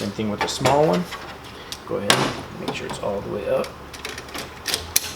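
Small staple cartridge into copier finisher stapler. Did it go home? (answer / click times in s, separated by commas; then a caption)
yes / 5.0 s. Someone talks while a small staple cartridge, checked to be all the way up, is slid into the finisher stapler of a Konica copier. A few soft knocks follow, then a sharp click at 5.0 s as the cartridge seats home.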